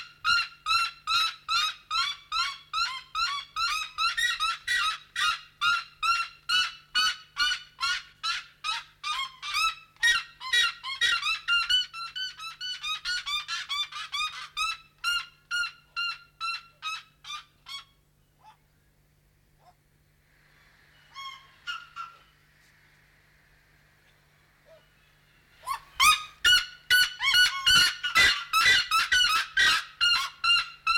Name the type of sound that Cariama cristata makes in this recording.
call